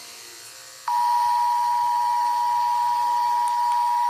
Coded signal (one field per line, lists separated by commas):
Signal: Emergency Alert System (SAME) tones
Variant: 853 and 960 Hz attention tone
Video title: 1990 Canada EAS Alarm